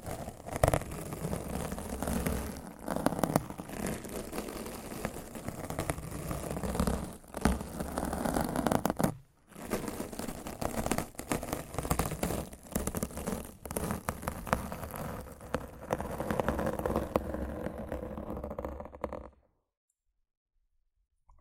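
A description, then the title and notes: Rough scratching and brushing on a microphone fills the clip with dense, crackly, scraping texture across low and bright ranges. The rubbing stays busy with uneven bursts, breaks briefly near nine seconds, then resumes until stopping abruptly around nineteen seconds, leaving silence. ASMR Rough Mic Scratching & Brushing (No Talking).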